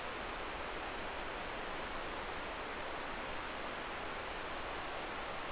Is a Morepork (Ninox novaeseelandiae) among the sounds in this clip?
no